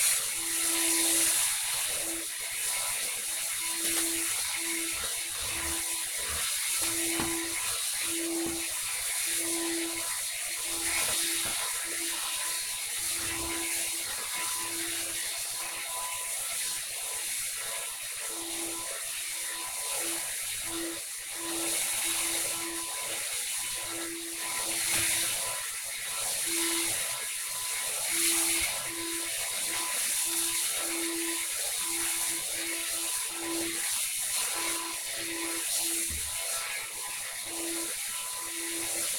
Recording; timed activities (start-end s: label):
household activities, microphone on the right wrist
0.00-39.19 s: vacuum cleaning